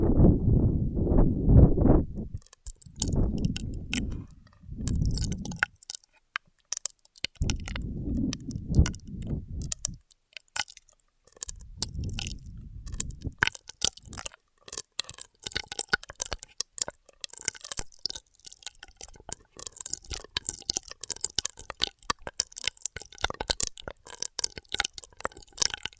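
Straw sounds: low rumbling bursts in the first twelve seconds, then dense crinkly crackles and crisp clicks scattered steadily through the rest.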